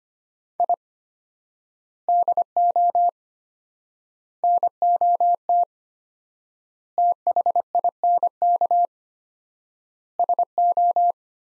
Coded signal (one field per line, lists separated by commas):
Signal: Morse code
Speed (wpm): 25 wpm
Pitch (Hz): 700 Hz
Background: none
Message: I DO NOT THINK SO